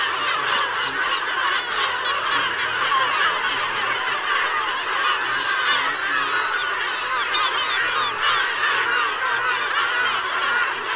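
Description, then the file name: Steady chorus of gull calls, loud overlapping squeals and laughing cries from many birds, busy and constant from start to end. "Gabbiano Reale"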